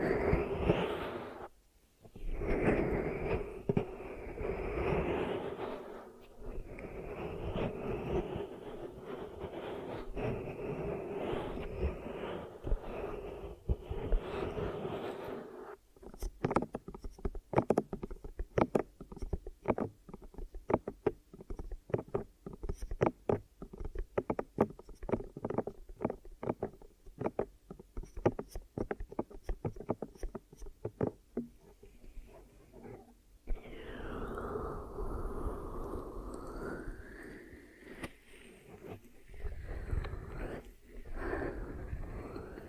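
Ear massage and cleaning with dense rubbing and muffled swishing, a stretch of rapid crackly taps in the middle, then smoother rubbing.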